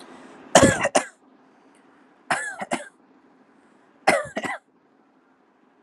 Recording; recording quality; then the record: heavy voluntary cough; excellent, no background noise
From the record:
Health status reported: healthy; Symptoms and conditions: none ticked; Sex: male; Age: 19 years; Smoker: not ticked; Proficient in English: yes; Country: India